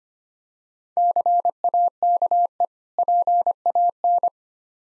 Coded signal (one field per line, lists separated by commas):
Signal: Morse code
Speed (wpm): 30 wpm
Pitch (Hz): 700 Hz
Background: none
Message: CAKE PAN